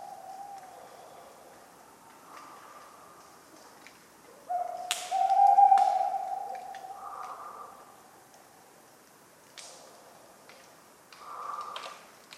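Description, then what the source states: Tawny owl giving a single clear hooting note midway, with faint hooting sounds and scattered sharp clicks around it. Tawny owl calling persistently on a cold autumn night, 11 November 1995, Ménigoute, France; acorns falling regularly.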